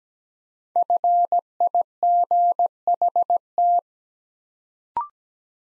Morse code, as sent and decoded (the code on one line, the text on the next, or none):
..-. .. --. .... -
FIGHT